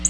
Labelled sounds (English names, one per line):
Black-throated Blue Warbler flight call